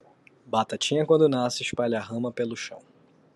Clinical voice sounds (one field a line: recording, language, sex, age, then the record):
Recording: short text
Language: Brazilian Portuguese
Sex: male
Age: 18 to 19 years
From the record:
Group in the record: control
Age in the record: 18 years